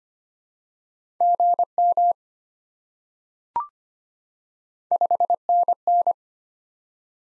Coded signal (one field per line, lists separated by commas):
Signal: Morse code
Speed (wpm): 25 wpm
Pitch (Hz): 700 Hz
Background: none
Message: GM 5NN